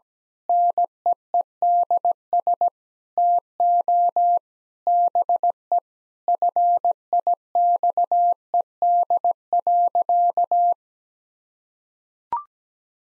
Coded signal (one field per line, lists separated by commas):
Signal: Morse code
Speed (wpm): 17 wpm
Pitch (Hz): 700 Hz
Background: none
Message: NEEDS TO BE FIXED.